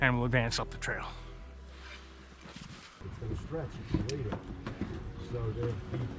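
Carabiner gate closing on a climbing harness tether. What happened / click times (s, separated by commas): Handled, not yet home: no gate click has sounded yet / none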